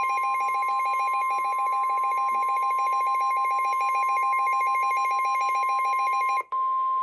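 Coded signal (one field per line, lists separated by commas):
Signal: Emergency Alert System (SAME) tones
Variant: 1050 Hz attention tone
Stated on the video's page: Pre-dawn real EAS alerts, including a 15-county polygon.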